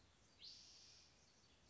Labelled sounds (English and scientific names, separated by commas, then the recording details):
Spotted Towhee (Pipilo maculatus)
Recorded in Sonoma County, California